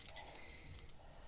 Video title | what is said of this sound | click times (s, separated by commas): l'ANKH tant père queue mer avec trolley ou sans | ça fait un petit clic ce qui fait que ça claque pas tu vois | 0.2 s